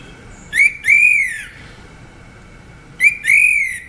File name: Tieng hoet lua trong hot